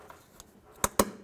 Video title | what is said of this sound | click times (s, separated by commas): How to Replace A/C Condenser and Receiver Drier Assembly 2004-2015 Nissan Titan | listen for a click make sure it's secure | 1.0 s